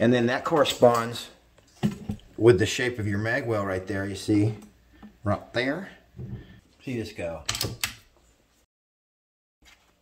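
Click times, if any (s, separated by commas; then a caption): none. Someone talks while handling a rotary magazine at the side-loading mag well of a Seneca Eagle Claw lever-action PCP hunting air rifle (.22 and .25 cal), with faint handling sounds around 1.6 to 2.2 seconds. The magazine is being slid in toward the metal stop, but nothing has seated or clicked yet.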